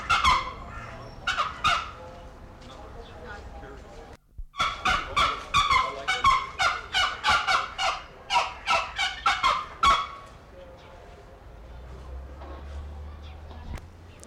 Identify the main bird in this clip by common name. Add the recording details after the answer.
Pallas's Fish Eagle. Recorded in captivity. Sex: pair. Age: adult. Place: Zoo Berlin, Berlin, DE. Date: 1995-02-11 15:39. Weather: bedeckt, 6°C. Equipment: Marantz CP 130, Sennheiser ME 80, Kopie Uher Variocord 263. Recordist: Tembrock, Günter. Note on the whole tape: Paar: Rufreihen